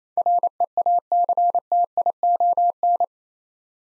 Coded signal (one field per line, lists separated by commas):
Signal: Morse code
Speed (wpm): 27 wpm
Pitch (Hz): 700 Hz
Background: none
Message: REACTION